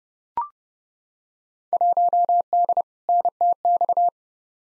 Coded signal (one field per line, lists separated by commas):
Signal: Morse code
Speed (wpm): 32 wpm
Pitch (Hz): 700 Hz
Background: none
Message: 1D NTX